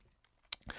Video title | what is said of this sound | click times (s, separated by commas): Varon Chiri Blazer 4K Watch Review | it's also snapshot with a nice positive click | 0.5 s